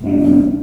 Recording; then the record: squeal of a Yucatan mini pig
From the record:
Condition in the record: after surgery on the right vocal fold (resection and tissue-engineered implant); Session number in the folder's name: 5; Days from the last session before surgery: 33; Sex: female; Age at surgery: 19 weeks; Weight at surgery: 25 kg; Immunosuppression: prednisolone